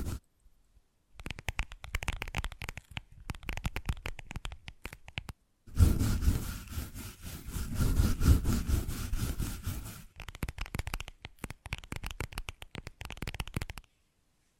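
Scratching and tapping come in quick, dense runs of short strokes, broken by brief silences near 1, 5.5 and 10 seconds. A heavier, fuller stretch with a low rumble runs from about 5.7 to 10 seconds. The sound then returns to lighter, crisp scratching until it stops near 14 seconds.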